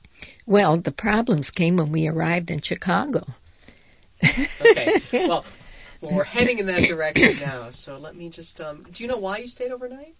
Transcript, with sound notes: Well, the problems came when we arrived in Chicago. ( she laughs )
Okay, well, we're heading in that direction now. So let me just, do you know why you stayed overnight?